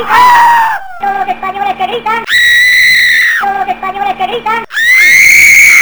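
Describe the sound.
Loud, shrill screams rise and fall in three long bursts, separated by stretches of strained, shouting voices, all at full, harsh intensity with barely a pause between them.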